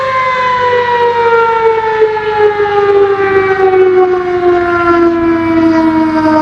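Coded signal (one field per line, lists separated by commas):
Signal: siren signal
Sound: steady mechanical siren wail with rich harmonics, pitch gradually winding down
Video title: Siren signal( fire Alarm/test) Dominican replublic 🇩🇴 Sterling M10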